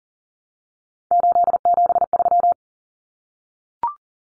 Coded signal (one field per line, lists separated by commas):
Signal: Morse code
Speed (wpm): 38 wpm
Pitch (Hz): 700 Hz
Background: none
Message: 873